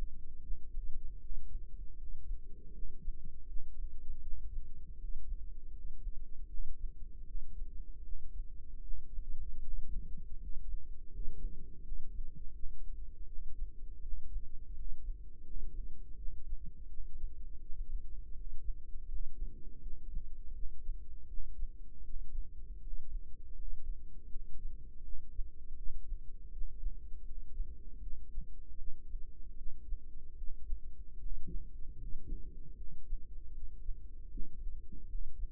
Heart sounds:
heart sounds by microphone in the right ear; 80 bpm
0.39 s: heartbeat
1.17 s: heartbeat
1.94 s: heartbeat
2.70 s: heartbeat
3.44 s: heartbeat
4.19 s: heartbeat
4.95 s: heartbeat
5.69 s: heartbeat
6.45 s: heartbeat
7.23 s: heartbeat
8.01 s: heartbeat
8.79 s: heartbeat
9.59 s: heartbeat
10.35 s: heartbeat
11.07 s: heartbeat
11.80 s: heartbeat
12.51 s: heartbeat
13.24 s: heartbeat
13.99 s: heartbeat
14.71 s: heartbeat
15.41 s: heartbeat
16.14 s: heartbeat
16.85 s: heartbeat
17.57 s: heartbeat
18.31 s: heartbeat
19.05 s: heartbeat
19.78 s: heartbeat
20.51 s: heartbeat
21.25 s: heartbeat
22.01 s: heartbeat
22.78 s: heartbeat
23.52 s: heartbeat
24.26 s: heartbeat
25.00 s: heartbeat
25.73 s: heartbeat
26.48 s: heartbeat
27.22 s: heartbeat
27.98 s: heartbeat
28.74 s: heartbeat
29.53 s: heartbeat
30.34 s: heartbeat
31.16 s: heartbeat
31.94 s: heartbeat
32.73 s: heartbeat
33.50 s: heartbeat
34.27 s: heartbeat
35.05 s: heartbeat
From the record:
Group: healthy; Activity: rest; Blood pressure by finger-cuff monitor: 95/57 mmHg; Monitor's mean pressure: 71 mmHg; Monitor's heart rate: 80 bpm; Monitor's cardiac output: 6.6 L/min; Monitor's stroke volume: 83 mL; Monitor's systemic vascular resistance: 760 dyn s/cm5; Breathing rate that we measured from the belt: 7 breaths a minute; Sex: female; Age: 26 years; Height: 165 cm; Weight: 55 kg

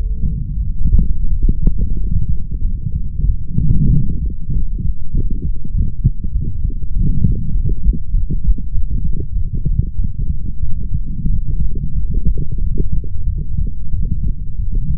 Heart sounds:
heart sounds by stethoscope; 94 bpm
0.59 s: heartbeat
1.28 s: heartbeat
1.95 s: heartbeat
2.61 s: heartbeat
3.26 s: heartbeat
3.89 s: heartbeat
4.51 s: heartbeat
5.11 s: heartbeat
5.72 s: heartbeat
6.32 s: heartbeat
6.93 s: heartbeat
7.52 s: heartbeat
8.11 s: heartbeat
8.71 s: heartbeat
9.33 s: heartbeat
9.96 s: heartbeat
10.61 s: heartbeat
11.27 s: heartbeat
11.93 s: heartbeat
12.59 s: heartbeat
13.25 s: heartbeat
13.91 s: heartbeat
14.57 s: heartbeat
From the record:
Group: healthy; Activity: rest 0-2 s, light exercise 2-15 s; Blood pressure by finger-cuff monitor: 116/58 mmHg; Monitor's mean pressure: 74 mmHg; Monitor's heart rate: 92 bpm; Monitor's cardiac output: 7.9 L/min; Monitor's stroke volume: 83 mL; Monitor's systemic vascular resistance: 680 dyn s/cm5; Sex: female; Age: 32 years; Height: 168 cm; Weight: 61.9 kg

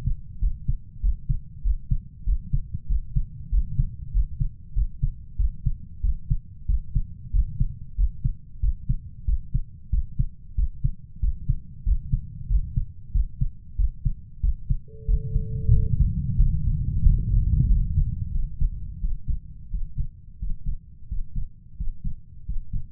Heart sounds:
heart sounds by stethoscope; 92 bpm
0.42 s: heartbeat
1.03 s: heartbeat
1.65 s: heartbeat
2.27 s: heartbeat
2.90 s: heartbeat
3.52 s: heartbeat
4.14 s: heartbeat
4.76 s: heartbeat
5.39 s: heartbeat
6.04 s: heartbeat
6.69 s: heartbeat
7.34 s: heartbeat
7.98 s: heartbeat
8.63 s: heartbeat
9.28 s: heartbeat
9.93 s: heartbeat
10.58 s: heartbeat
11.23 s: heartbeat
11.87 s: heartbeat
12.50 s: heartbeat
13.14 s: heartbeat
13.79 s: heartbeat
14.43 s: heartbeat
15.08 s: heartbeat
15.74 s: heartbeat
16.39 s: heartbeat
17.05 s: heartbeat
17.69 s: heartbeat
18.34 s: heartbeat
19.02 s: heartbeat
19.72 s: heartbeat
20.41 s: heartbeat
21.10 s: heartbeat
21.79 s: heartbeat
22.48 s: heartbeat
From the record:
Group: healthy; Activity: rest 0-15 s, breath hold 15-23 s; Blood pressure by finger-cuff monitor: 131/72 mmHg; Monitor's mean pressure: 90 mmHg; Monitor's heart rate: 93 bpm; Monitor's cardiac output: 8.1 L/min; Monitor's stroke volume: 85 mL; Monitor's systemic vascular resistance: 830 dyn s/cm5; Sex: male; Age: 21 years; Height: 175 cm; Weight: 72.6 kg

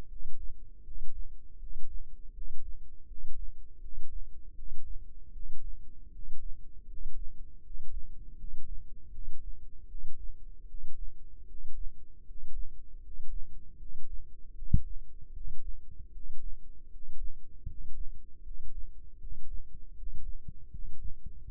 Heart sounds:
heart sounds by microphone in the left ear; 79 bpm
0.07 s: heartbeat
0.82 s: heartbeat
1.57 s: heartbeat
2.32 s: heartbeat
3.06 s: heartbeat
3.79 s: heartbeat
4.54 s: heartbeat
5.31 s: heartbeat
6.10 s: heartbeat
6.86 s: heartbeat
7.61 s: heartbeat
8.35 s: heartbeat
9.10 s: heartbeat
9.86 s: heartbeat
10.65 s: heartbeat
11.45 s: heartbeat
12.24 s: heartbeat
13.00 s: heartbeat
13.76 s: heartbeat
14.53 s: heartbeat
15.31 s: heartbeat
16.10 s: heartbeat
16.88 s: heartbeat
17.64 s: heartbeat
18.41 s: heartbeat
19.17 s: heartbeat
19.93 s: heartbeat
20.69 s: heartbeat
21.44 s: heartbeat
From the record:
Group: healthy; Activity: rest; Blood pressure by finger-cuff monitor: 107/71 mmHg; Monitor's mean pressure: 79 mmHg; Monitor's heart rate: 79 bpm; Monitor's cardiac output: 6.3 L/min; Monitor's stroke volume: 80 mL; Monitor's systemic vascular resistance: 900 dyn s/cm5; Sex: male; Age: 35 years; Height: 180 cm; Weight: 86.9 kg

